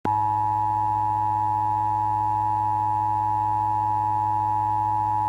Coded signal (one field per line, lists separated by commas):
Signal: Emergency Alert System (SAME) tones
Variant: 853 and 960 Hz attention tone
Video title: EAS Mock - "Oh Crap, we pressed the wrong button."